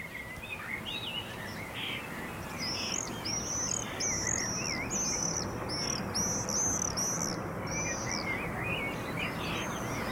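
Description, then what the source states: Common swifts giving high, thin screaming calls in rapid repeated series, several birds overlapping, over steady background noise. Swifts chasing each other screaming above towns and villages; easy to hear now, especially in the city.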